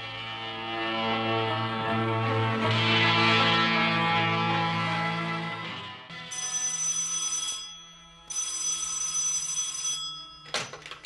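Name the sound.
telephone ringing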